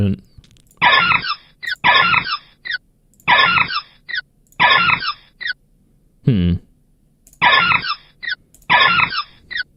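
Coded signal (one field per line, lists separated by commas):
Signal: none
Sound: pokemon cry buzzing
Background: speech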